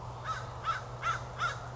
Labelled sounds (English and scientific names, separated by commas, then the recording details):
American Crow (Corvus brachyrhynchos)
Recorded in Sonoma County, California